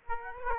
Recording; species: mosquito wingbeat signal from an infrared sensor; Aedes aegypti